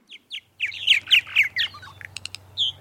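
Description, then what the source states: Purple martins chirping: a few short high notes, then a rapid burst of gurgling, creaky chirps and squeaks, ending with a thin high note. Purple martins from a population that migrates from South America to the northern United States.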